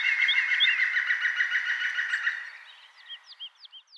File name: Pic vert